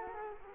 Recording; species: mosquito wingbeat signal from an infrared sensor; Culex quinquefasciatus